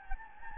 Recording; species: mosquito wingbeat signal from an infrared sensor; Anopheles gambiae